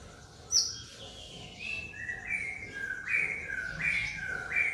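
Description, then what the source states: White-rumped shama giving slurred whistles that drop and rise, repeated phrase after phrase over a steady background hiss. Lure recording of a fierce bird's song.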